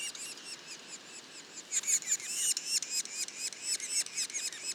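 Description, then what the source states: Yellow-bellied sapsucker calls, harsh, squealing hooked notes, overlapping irregularly and building after the first two seconds. Juveniles, Mont-Orford National Park, Quebec.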